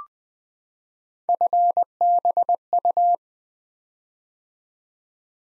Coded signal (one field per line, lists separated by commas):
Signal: Morse code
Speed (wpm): 20 wpm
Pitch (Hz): 700 Hz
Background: none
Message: FBU